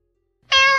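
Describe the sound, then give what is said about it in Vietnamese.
A single loud cat meow starts abruptly after a short silence, a sustained, strained cry with bright stacked harmonics and no speech. “Chợt một tiếng mèo kêu vang lên”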